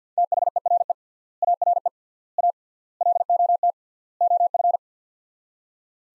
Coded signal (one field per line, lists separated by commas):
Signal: Morse code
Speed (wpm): 45 wpm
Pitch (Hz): 700 Hz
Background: none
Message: THERE ARE A LOT OF